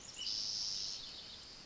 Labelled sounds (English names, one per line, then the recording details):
Spotted Towhee
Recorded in Sonoma County, California